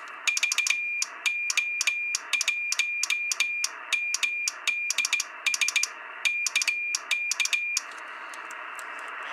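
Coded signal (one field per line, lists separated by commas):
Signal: Morse code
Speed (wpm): 17 wpm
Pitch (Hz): 2400 Hz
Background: radio noise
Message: VO1MDS KK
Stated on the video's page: Colpitts oscillator with 2SC2078 amplifier, 500 mW into a 50 ohm dummy load.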